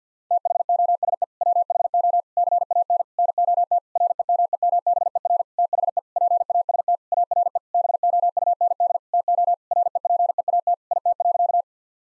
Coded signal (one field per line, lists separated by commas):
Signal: Morse code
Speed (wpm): 50 wpm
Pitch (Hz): 700 Hz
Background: none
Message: THOSE WHO CANNOT REMEMBER THE PAST ARE BOUND TO REPEAT IT.